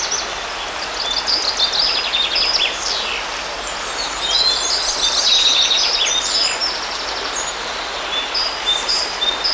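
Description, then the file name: Birds giving high twittering trills and short whistles throughout, over a steady rushing hiss. Birds by a river. "Nature Sounds - River Birds"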